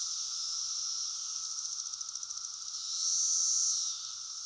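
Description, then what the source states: Cicada mating call: a pulsing rattled buzz that rises into a loud sustained high drone, with a continuous insect chorus behind it. Male cicada giving mating calls, recorded close up with a chorus of cicadas in the background.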